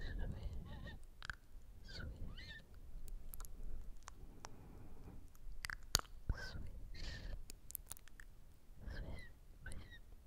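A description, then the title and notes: Mouth sounds: wet clicks, smacks and pops scattered through the clip, with breathy hissing bursts and squeaky, quacking vocal noises around two, seven and nine seconds. Sharp clicks cluster near three and six seconds over a low rumbling murmur. ASMR MOUTH SOUNDS and POSITIVE AFFIRMATIONS.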